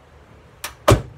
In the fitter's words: Hear that? That's your snap.